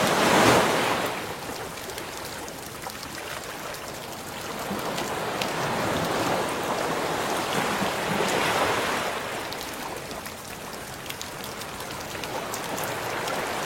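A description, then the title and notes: Rain falls over the open sea, a dense, steady hiss spread from low rumble up to bright spatter. Slow swells of surf rise and fall, with a loud wash at the start and fuller surges around six and nine seconds, while wind rushes underneath. Rain in The Ocean. Raining and Ocean Sounds. Sounds that will take you to the middle of the sea when it is raining at the same time.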